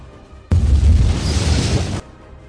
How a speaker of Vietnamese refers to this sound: Trong tiếng nổ ầm vang lên như sấm, y loạn choạng lùi lại một bước, chỉ thấy huyết khí trong lồng ngực sôi trào nhộn nhạo.